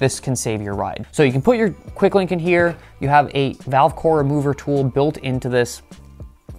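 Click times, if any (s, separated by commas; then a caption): 6.2 s, 6.5 s. Someone talks while handling a pair of plastic tire levers with a clip-in valve core remover piece that also holds a quick link. Two short, sharp snaps at 6.2 s and 6.5 s mark the remover piece clipping into place and the two levers snapping together into one compact package.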